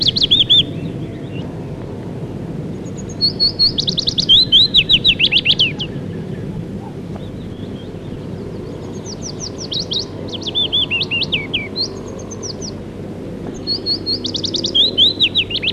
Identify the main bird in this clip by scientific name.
Phylloscopus trochilus